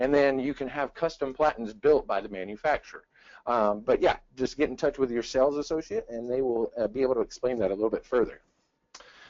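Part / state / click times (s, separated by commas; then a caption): garment printer platen into its platen mount / seated / 8.9 s. A garment printer platen is fitted onto its platen mount on a DTG M2 printer. Someone talks for most of the clip, then after a short pause the platen clicks into place at 8.9 seconds, followed by another faint sound near the end.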